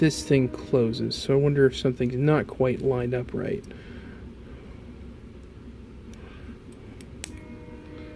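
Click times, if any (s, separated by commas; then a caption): 7.2 s. Someone talks for the first three and a half seconds while working a plastic part of a Master Grade Fenice Rinascita model kit into its mating joint during a transformation, struggling because it seems misaligned. After quiet handling with faint ticks around 6.1, 6.7 and 7.0 seconds, the part snaps home with a sharp click at 7.2 seconds, and it is confirmed seated.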